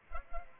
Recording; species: mosquito wingbeat signal from an infrared sensor; Culex pipiens